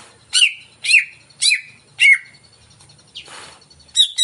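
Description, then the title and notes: Greater green leafbird giving four harsh squawky downslurred notes about every half second, a brief rasping noise, then a quick chirp. Played as a lure to prompt a caged cucak ijo to sing before it is hung up; described as gacor, in full song. "Pancingan CUCAK IJO Mau Di Gantang. Cucak Ijo Gacor"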